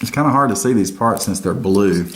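Someone talks while handling blue plastic axle brackets being pressed onto a model truck chassis. Nothing has seated or clicked yet.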